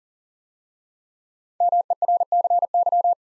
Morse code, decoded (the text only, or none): MERCY